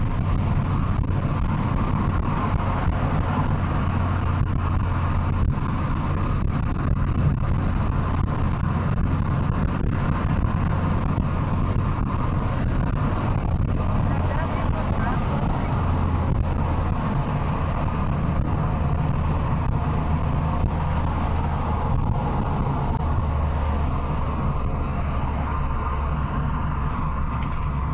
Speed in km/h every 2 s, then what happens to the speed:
103, 104, 100, 98, 101, 104, 102, 99, 92, 91, 91, 85, 81, 77.
0-11 steady at about 101. 11-28 slows to 77.